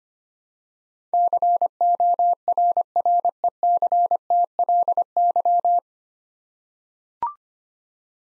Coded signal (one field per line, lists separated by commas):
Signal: Morse code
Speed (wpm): 25 wpm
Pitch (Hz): 700 Hz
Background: none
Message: CORRECTLY